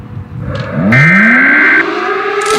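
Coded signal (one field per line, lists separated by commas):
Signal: Emergency Alert System (SAME) tones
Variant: header bursts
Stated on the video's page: Fictional simulated EAS scenario about radioactive zombies, part two.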